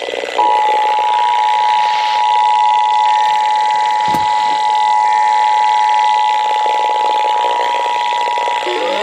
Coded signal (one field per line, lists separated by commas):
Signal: Emergency Alert System (SAME) tones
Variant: 853 and 960 Hz attention tone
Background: speech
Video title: 600 ALERTS! FLW on WXJ84, WKAZ, WKWS & WVAF (2/4/22) EAS 599-602